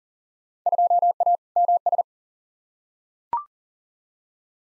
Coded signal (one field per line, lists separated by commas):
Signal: Morse code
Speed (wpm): 40 wpm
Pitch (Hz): 700 Hz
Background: none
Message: 2A MS